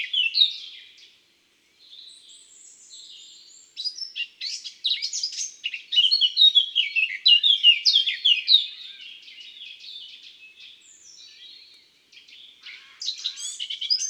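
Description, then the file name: Thrush nightingale giving rapid, varied high chirps and clipped twitters, broken by a few short pauses. Calls in the countryside. "Rossignol philomele cris Chants doiseaux dans la campagne"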